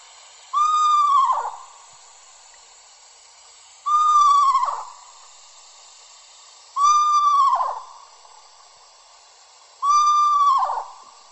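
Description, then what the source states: Eastern screech owl giving four whinnying calls, each a steady note that slides down at the end, repeated roughly every three seconds in a quiet background. Tremolos come first, then a horse-like whinny at the end; the two are usually given together, and this call gives the bird its name.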